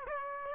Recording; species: mosquito wingbeat signal from an infrared sensor; Aedes aegypti